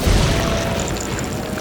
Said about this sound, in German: Und das Ungewitter begann sein Spann. Wolkenbruch, Orkan, Wetterleuchten, Blitze, Detonationen, Gekreisch, Brüllen, Pfeifen. Entfesselung der Ungeheuer. Der Wind wehte mit der Wucht eines Donners. Der Regen fiel nicht. Er stürzte herab.